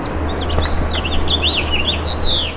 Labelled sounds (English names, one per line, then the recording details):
House Finch song
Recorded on Long Island, New York, on 24 June 2012
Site SO
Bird A